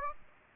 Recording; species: mosquito wingbeat signal from an infrared sensor; Aedes aegypti